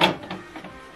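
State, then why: Not seated. A black ink cartridge is being slid straight into the carriage slot of an HP Deskjet inkjet printer. A brief burst of plastic handling noise opens the clip, followed by softer scraping shuffles around 0.3 and 0.65 seconds. Nothing has seated or clicked yet.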